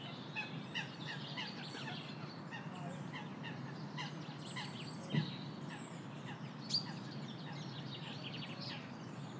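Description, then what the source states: Scattered bird chirps and short twitters come and go irregularly above a continuous low rumble, with a couple of brief louder knocks. Birds singing in a city.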